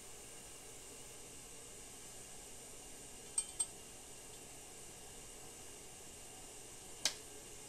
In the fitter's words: listen for the three clicks as I set this needle